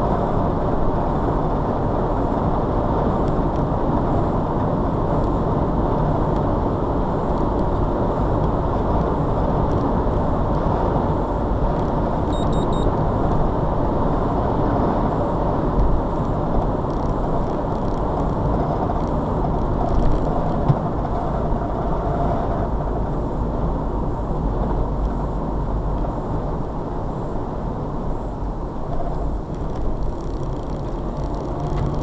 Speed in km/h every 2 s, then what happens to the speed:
81, 77, 77, 82, 84, 84, 79, 77, 72, 68, 66, 61, 58, 58, 47, 44.
0-11 steady at about 81. 11-24 slows to 58. 27-29 brakes to 44.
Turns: none.